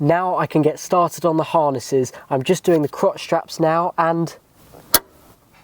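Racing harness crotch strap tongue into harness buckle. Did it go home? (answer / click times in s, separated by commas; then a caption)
yes / 4.9 s. Someone talks about starting on the racing harness in a GR Yaris, then the crotch strap's metal tongue is pushed into the central harness buckle. A short, sharp click at 4.9 s shows the strap has seated and is secure.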